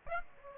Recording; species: mosquito wingbeat signal from an infrared sensor; Aedes aegypti